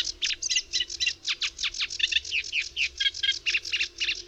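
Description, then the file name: Eurasian reed warbler song: a steady run of harsh, chattering notes, some repeated before changing, with a faint low hum underneath. "Trzcinniczek"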